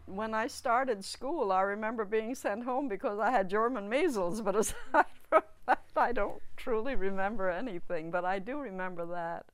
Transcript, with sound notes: When, when I started school I remember being sent home because I had German measles but aside from that (she laughs) I don't truly remember anything but I do remember that.